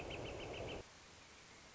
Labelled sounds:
Northern Flicker
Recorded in Sonoma County, California

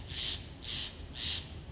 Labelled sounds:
Steller's Jay
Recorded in Sonoma County, California

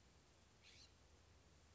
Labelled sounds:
California Scrub-Jay
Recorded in Sonoma County, California

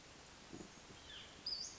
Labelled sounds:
Western Flycatcher
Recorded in Sonoma County, California

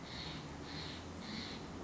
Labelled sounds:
Steller's Jay
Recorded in Sonoma County, California

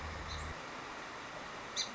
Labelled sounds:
Song Sparrow
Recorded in Sonoma County, California

